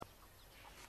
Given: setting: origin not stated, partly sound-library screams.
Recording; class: one-second piece from a danger detection set; normal situation